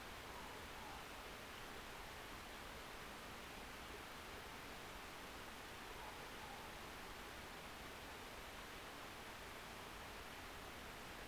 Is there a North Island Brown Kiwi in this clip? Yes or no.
no